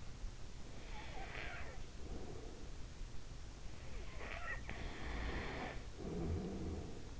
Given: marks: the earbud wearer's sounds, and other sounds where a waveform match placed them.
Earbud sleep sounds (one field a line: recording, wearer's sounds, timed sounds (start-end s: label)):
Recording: sounds in sleep by an in-ear microphone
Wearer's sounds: breath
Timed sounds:
0.88-3.11 s: breath
3.88-7.19 s: breath